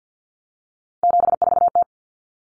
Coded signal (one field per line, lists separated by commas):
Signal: Morse code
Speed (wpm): 50 wpm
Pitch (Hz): 700 Hz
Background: none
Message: 74T